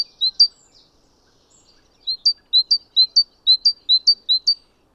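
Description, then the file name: Great tit singing a steady string of repeated two-note phrases, a lower note followed by a quick higher one, after a few scattered opening notes. "Parus major"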